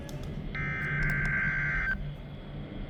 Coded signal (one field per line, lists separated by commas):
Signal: Emergency Alert System (SAME) tones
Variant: header bursts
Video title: NWS Ruskin Weekly Test (PM) (11/13/24) (New EAS 773)